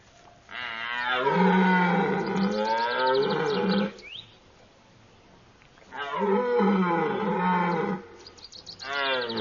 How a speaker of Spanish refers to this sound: Estas llamadas son respondidas. Son gritos de duelo. Todos los ciervos, hasta los más jóvenes, participan.